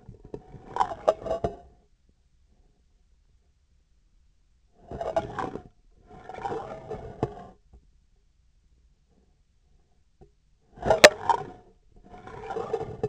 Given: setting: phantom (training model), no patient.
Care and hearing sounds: laparoscopic instrument, vibration sensor on the handle end; scissors; approaching and retracting movements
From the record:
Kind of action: spatial motion

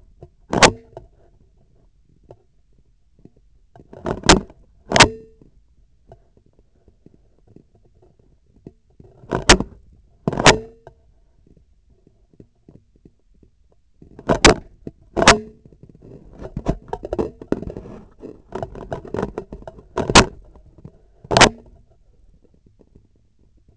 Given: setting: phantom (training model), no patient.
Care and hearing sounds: laparoscopic instrument, vibration sensor on the handle end; scissors; opening and closing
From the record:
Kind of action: tool actuation without material contact

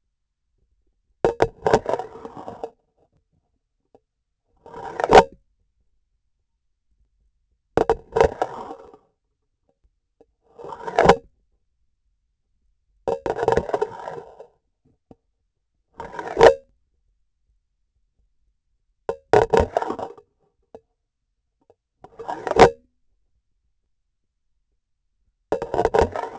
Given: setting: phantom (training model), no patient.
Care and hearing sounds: laparoscopic instrument, vibration sensor on the handle end; grasping forceps; insertion and removal through the trocar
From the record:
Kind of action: spatial motion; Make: Olympus

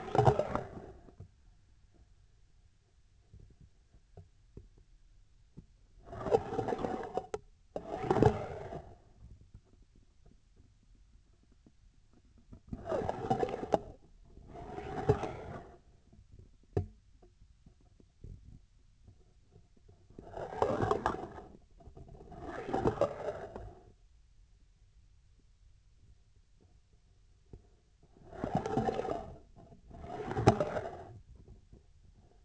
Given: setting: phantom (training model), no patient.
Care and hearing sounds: laparoscopic instrument, vibration sensor on the handle end; scissors; approaching and retracting movements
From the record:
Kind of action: spatial motion

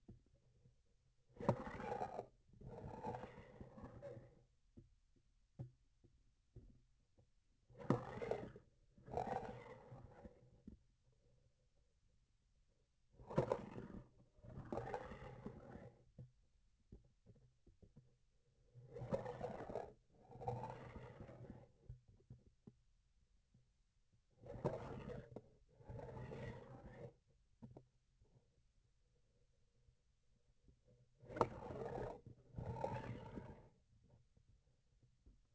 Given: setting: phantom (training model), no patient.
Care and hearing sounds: laparoscopic instrument, vibration sensor on the handle end; grasping forceps; approaching and retracting movements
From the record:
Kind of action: spatial motion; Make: other than Olympus

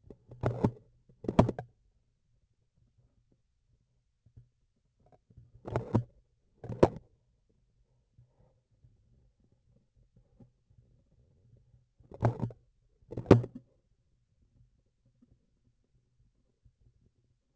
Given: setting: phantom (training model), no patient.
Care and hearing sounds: laparoscopic instrument, vibration sensor on the handle end; grasping forceps; opening and closing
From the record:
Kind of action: tool actuation without material contact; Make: other than Olympus

